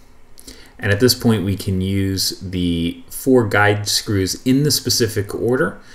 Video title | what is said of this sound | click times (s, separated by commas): Big Sockets Intel LGA 3647 First Look | This then pops into place. | 0.4 s